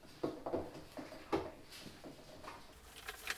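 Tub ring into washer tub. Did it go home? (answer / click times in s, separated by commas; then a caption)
no / none. A plastic tub ring is lined up by its small tabs over the tub of a Maytag Bravos Steam top-load washer during reinstallation after a transmission replacement. Soft knocks and handling taps come around 0.2, 0.5, 1.0 and 1.3 s, followed by quieter rubbing and a brief sharper tap near 3.3 s. Nothing has seated or clicked in yet.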